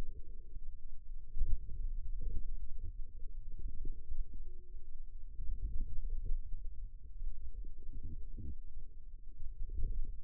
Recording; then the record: forearm muscle sounds (acoustic myography)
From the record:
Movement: ulnar deviation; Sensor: system 2, bracelet of six BSWA MPA416 microphones around the upper forearm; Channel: 6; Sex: female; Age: 22 years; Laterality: right